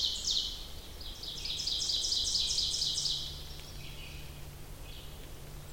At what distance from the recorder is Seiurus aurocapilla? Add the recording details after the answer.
about 40 m. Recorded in boreal forest in Alberta, Canada, on 2 June 2016 at 07:23. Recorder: SongMeter 3, array SBT-3-7. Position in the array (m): 45 m, 173 m. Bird 4